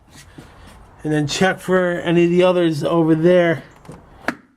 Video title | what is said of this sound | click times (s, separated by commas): Replacing The Front Struts On A 2010 Toyota Corolla – 05/06/2017 | that's how it snaps back in together. | 4.3 s